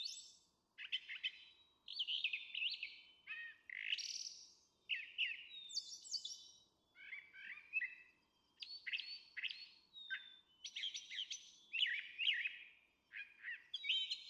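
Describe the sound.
Brown Thrasher song with a steady sequence of varied whistled and buzzy phrases, many repeated twice, over a soft background hiss.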